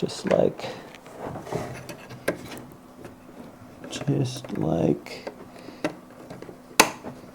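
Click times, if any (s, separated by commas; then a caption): 6.8 s. A plastic battery compartment cover on the inside of a biometric pistol safe is pressed home while someone talks, with soft handling taps and clicks beforehand. At 6.8 s it seats with a sharp, loud snap, and the cover is locked into place.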